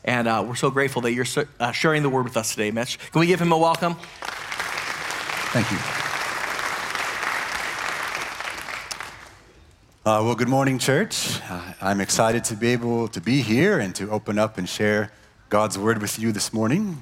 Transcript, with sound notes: And we're so grateful that you're sharing the word with us today, Mitch. Can we give him a welcome? (Audience Applauding) Thank you. (Audience Applauding) Well, good morning church. I'm excited to be able to be here and to open up and share God's word with you this morning.